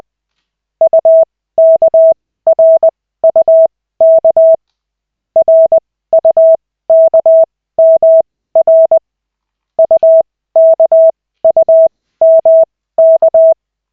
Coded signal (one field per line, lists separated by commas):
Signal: Morse code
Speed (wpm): 20 wpm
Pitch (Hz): 650 Hz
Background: none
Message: UKRUK RUKMR UKUMK